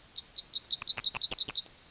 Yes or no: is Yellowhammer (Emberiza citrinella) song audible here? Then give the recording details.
yes. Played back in forest. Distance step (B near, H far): B. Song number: 009